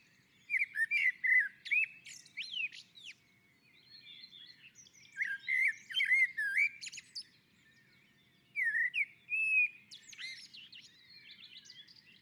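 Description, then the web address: Common blackbird song: three fluting, warbled phrases, each closing in higher twittering notes, separated by short pauses. On a roof. "Naturinspelningar Koltrast på taket"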